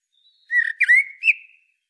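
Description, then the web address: Common blackbird with a single short warble: mellow fluted notes, a gliding upward whistle, and a thin high note to finish. "SETE data Turdus merula"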